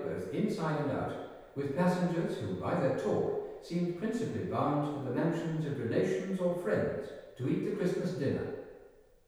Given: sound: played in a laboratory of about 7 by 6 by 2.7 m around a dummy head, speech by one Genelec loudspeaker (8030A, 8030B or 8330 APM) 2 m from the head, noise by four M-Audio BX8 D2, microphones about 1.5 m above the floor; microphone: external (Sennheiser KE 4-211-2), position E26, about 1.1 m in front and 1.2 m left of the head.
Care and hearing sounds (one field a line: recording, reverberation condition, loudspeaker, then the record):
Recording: male speech in English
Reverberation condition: high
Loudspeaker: 120 degrees to the right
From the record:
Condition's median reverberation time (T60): about 1300 ms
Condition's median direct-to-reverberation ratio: about -4.0 dB